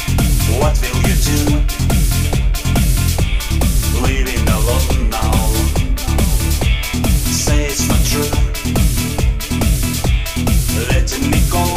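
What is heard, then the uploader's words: Loud, dense music at a wedding party, with a steady pounding beat, deep booming bass, bright cymbals and voices mixed throughout, never pausing. Wedding Party Danang Vietnam.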